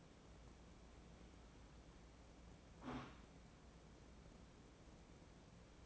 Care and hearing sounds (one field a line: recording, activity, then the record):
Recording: daily activity, microphone in the room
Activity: wipe stove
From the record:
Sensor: 1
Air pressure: 1012.5 hPa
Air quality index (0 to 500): 147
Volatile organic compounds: 2 ppm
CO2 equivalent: 1212 ppm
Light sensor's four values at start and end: 4378/8524/4296/4435 and 4408/8582/4327/4469